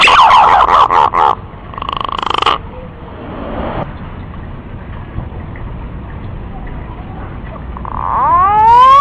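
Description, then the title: Green pigeon: loud warbling whistles at the start, a quiet stretch of hiss, then rising, stacked whistles climbing steeply at the end. Lure call used to attract green pigeons. "Pikat Burung Punai"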